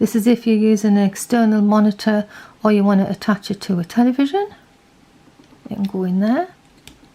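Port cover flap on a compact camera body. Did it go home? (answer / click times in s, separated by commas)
yes / 6.9 s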